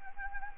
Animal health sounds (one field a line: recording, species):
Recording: mosquito wingbeat signal from an infrared sensor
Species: Anopheles gambiae